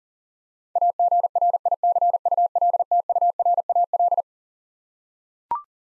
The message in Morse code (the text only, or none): AGRICULTURAL